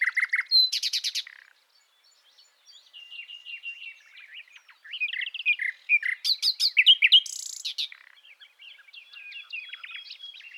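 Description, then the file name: Common nightingale song opening with a loud stuttering trill, a short gap, then softer twittering phrases that build into loud, rapid, varied notes. "Luscinia megarhynchos"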